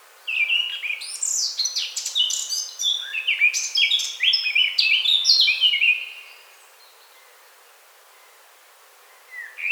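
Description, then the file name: Eurasian blackcap giving one extended warbled phrase of quick varied notes lasting several seconds, then quiet, then a short new note. "Sylvia atricapilla"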